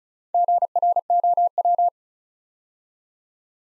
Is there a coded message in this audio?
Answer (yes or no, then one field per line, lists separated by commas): yes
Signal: Morse code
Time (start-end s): 0.3-1.9 s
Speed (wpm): 33 wpm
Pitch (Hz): 700 Hz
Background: none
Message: GROW